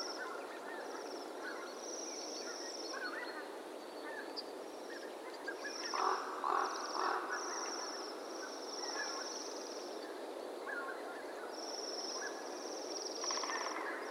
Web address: Bohemian waxwing. بال-لاکی-بوهمی